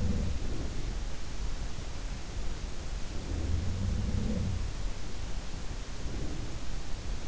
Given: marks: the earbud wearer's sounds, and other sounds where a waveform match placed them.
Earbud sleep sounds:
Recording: sounds in sleep by an in-ear microphone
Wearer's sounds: breath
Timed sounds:
0.00-1.28 s: sound from someone else or the room
0.21-1.28 s: breath
2.87-3.84 s: breath
3.32-4.91 s: sound from someone else or the room
5.88-6.95 s: breath

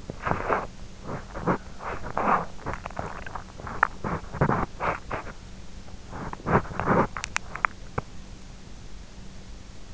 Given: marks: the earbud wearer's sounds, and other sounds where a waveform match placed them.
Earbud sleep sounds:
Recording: sounds in sleep by an in-ear microphone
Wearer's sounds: body movement, swallowing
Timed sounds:
0.00-8.21 s: body movement
2.82-3.60 s: swallowing
7.11-7.53 s: swallowing

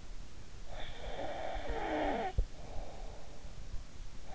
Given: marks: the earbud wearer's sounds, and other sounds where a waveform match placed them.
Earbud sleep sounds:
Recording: sounds in sleep by an in-ear microphone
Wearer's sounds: snoring breath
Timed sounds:
0.61-3.53 s: snoring breath

